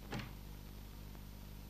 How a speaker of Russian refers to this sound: Закрывает дверь приемной.